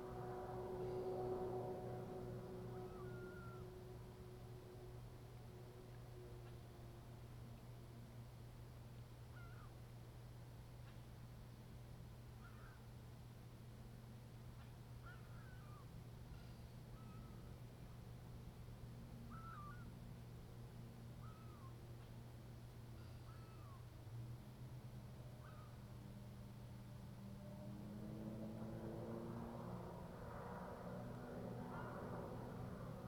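A spring night soundscape from Ontario's Parry Sound District, with a steady low hum throughout. Faint bird calls and chirps come every few seconds through the middle, while a soft rushing sound rises at the start and again near the end.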